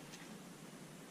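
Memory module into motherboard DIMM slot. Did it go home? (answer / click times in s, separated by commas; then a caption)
no / none. A second RAM stick is handled at a motherboard DIMM slot, about to be tilted down into place. Only a steady, even hiss with a faint low hum is heard, with no distinct click or snap. Nothing has seated or clicked yet.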